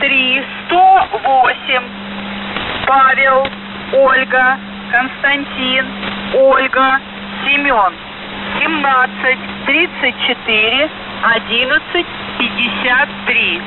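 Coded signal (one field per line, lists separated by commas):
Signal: coded military voice message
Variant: Russian, The Goose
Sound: voice reading Russian number groups and phonetic names, callsign Vozdukh Okhvat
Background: steady low hum, radio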